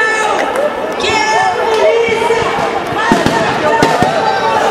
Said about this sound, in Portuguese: Muita bomba. Muita bomba sendo tacada.